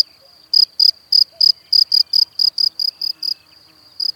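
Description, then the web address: Cricket chirps begin after half a second: a quick series of shrill pulses, then a pause before one last chirp at the end. "Kurs PTTK Przyroda Ptaki Świerszcze"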